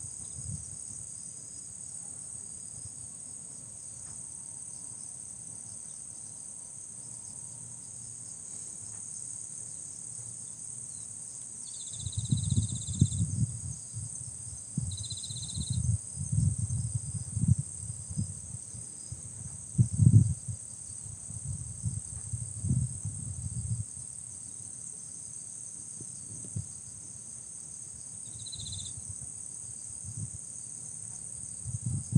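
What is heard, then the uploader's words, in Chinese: Cicadas drone steadily in a high, even whine, with a few short bird chirps and low thumping rumbles from about twelve seconds on. 济州岛济州绿茶树迷宫主题公园的蝉鸣和鸟叫。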